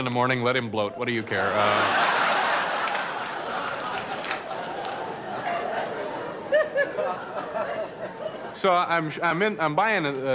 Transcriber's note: laughter